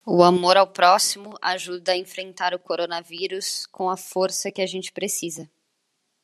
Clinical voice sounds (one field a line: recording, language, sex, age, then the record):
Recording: spoken sentence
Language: Brazilian Portuguese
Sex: female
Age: 20 to 29 years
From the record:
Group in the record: control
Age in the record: 29 years